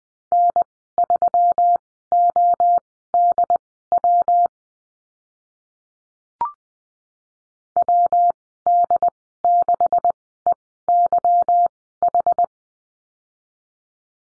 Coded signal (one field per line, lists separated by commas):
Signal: Morse code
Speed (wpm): 19 wpm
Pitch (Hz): 700 Hz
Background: none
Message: N3ODW WD6EYH